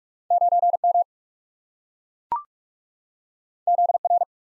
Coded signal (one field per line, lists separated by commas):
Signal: Morse code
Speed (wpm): 44 wpm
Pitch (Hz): 700 Hz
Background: none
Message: 9M ZR